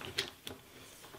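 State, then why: Not seated. A plastic (PVC/ABS) low-voltage raceway cover is handled while being pressed back toward its base channel, giving brief sharp plastic taps near 0.2 s and 0.5 s over a quiet background. Nothing has seated or clicked yet; the cover is not yet locked in place.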